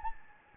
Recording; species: mosquito wingbeat signal from an infrared sensor; Anopheles gambiae